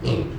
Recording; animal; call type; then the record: contact call of a hoofed animal; pig; closed-mouth grunt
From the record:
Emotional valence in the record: negative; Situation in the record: short social isolation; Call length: 0.38 s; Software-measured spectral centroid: 1670 Hz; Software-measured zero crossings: 950 a second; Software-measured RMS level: -24 dBFS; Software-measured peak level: -11 dBFS